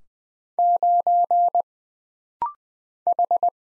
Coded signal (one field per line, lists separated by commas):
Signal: Morse code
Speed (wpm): 20 wpm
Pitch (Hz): 700 Hz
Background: none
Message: 9 H